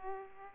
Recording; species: mosquito wingbeat signal from an infrared sensor; Aedes aegypti